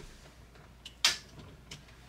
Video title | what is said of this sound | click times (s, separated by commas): Airstream USB Mod! - How to use the twin bed model USB ports without jamming! | you just hold those at the bottom slide your drawer and you hear that first snap two more | 1.0 s